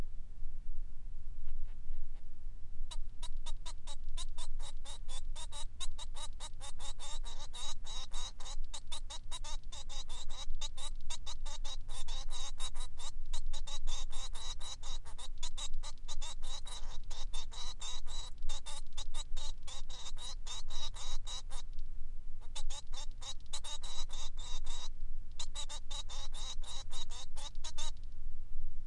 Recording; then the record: song of a male Bengalese finch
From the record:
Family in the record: son of father 3